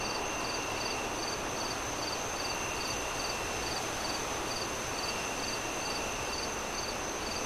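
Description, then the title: Cricket chirps in an even series, set against loud, constant wind and a thin steady high drone. Crickets on a windy night, wind howling through trees. "Relaxing Crickets Sounds On A Windy Night"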